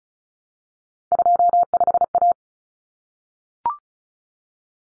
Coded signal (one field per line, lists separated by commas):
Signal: Morse code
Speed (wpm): 34 wpm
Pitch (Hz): 700 Hz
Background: none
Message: 25A